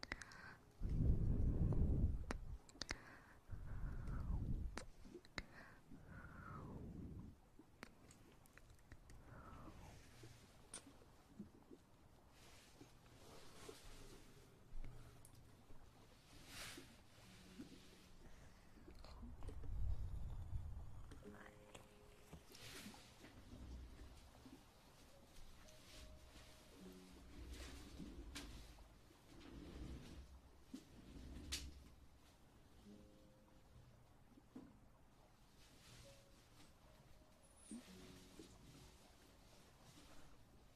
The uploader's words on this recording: Maid Ear Eating & Ear Massage.